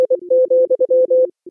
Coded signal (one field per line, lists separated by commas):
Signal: Morse code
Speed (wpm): 24 wpm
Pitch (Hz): 510 Hz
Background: none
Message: I,